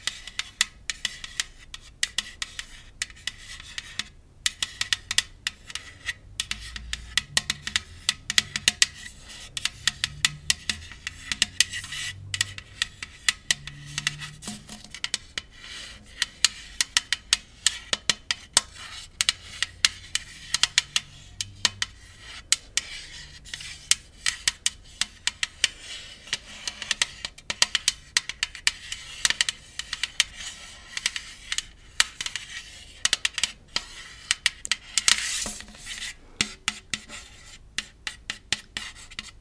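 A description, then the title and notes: Tapping, tracing and scratching sounds run throughout, a dense stream of quick, crisp clicks and raspy scrapes. The strokes come in irregular bursts with brief gaps, a sharper flurry around 35 seconds, while soft low thumps appear now and then beneath them. ASMR Tingly Tapping, Tracing & Scratching.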